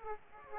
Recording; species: mosquito wingbeat signal from an infrared sensor; Aedes aegypti